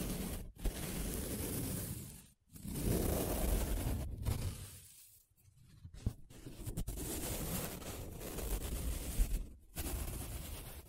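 Paper being rubbed and scratched in long, dense strokes of rough hiss, each lasting a couple of seconds. Brief silences break the strokes near 0.5, 2.4, 4.2, 5–6 and 9.5 seconds, with a few sharp ticks around 6–7 seconds.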